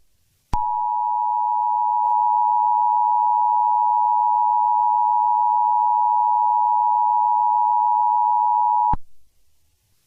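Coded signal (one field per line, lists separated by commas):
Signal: Emergency Alert System (SAME) tones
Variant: 853 and 960 Hz attention tone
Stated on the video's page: Fictional alert scenario that may contain valid tones.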